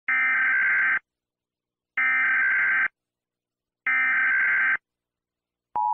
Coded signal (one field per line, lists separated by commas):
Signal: Emergency Alert System (SAME) tones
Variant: header bursts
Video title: When USA And Australia 1902 EAS Alarm